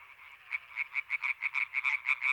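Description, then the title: European tree frog calling over a faint chorus, a fast run of regular rasping croaks starting after half a second. Many European tree frogs in intense activity at the Marguilliers pond, Sologne, France, 21 May 1993, an hour after nightfall. "Choeur de rainettes en Sologne"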